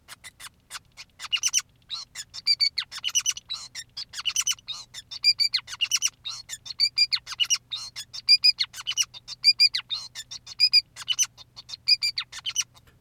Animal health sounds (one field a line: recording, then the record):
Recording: song of a male Bengalese finch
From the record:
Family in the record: son of father 2, and himself father 5